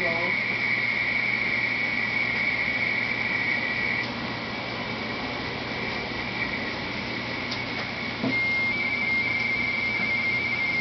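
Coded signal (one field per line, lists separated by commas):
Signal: RTTY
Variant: T88KH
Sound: two close warbling tones rapidly alternating, continuous teleprinter chatter over background hum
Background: room hum, radio static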